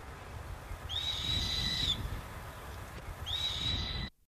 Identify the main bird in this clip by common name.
Crested Pigeon